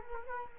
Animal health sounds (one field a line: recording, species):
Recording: mosquito wingbeat signal from an infrared sensor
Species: Culex quinquefasciatus